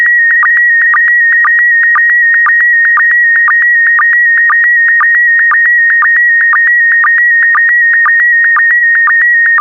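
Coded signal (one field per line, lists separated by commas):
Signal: SSTV (slow-scan television)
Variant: PD120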